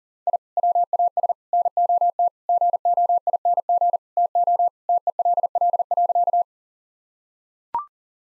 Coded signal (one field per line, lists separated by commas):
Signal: Morse code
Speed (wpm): 37 wpm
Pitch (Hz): 700 Hz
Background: none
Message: I WAS NOT GOING TO TELL.